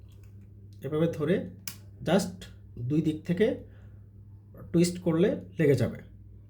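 The plastic front cap of a lancing pen used with an Acuteck blood glucose meter is being put back on and twisted into place from both sides while someone talks. Only faint handling ticks are heard, and nothing has clicked or seated yet.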